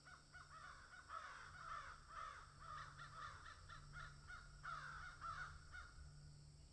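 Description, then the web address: Crow calling almost continuously with fast runs of rough, harsh caws, rising and falling in intensity, over a low droning hum. "ворона"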